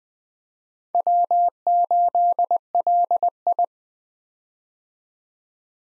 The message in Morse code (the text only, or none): W8LI